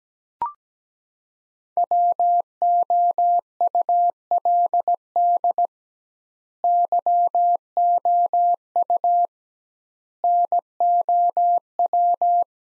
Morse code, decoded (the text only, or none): WOULD YOU NOW